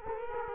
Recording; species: mosquito wingbeat signal from an infrared sensor; Culex quinquefasciatus